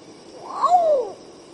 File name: canto do urutau pardo